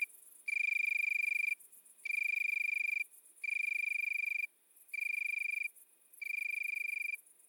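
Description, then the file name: Italian tree cricket: soft trilled phrases around a second long with pauses between, against a faint background of high insect buzzing. Recorded at midnight at Le Puech, Cantal. "grillon-d Italie-a-minuit-Le-Puech-Cantal"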